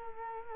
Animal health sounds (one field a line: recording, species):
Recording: mosquito wingbeat signal from an infrared sensor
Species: Culex quinquefasciatus